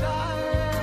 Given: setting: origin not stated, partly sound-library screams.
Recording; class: one-second piece from a danger detection set; normal situation